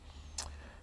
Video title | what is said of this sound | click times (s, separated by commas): Disinfection with the power of light – Philips UV-C luminaires for air, surfaces and objects | careful handling the glass but they just click into place see the | 0.4 s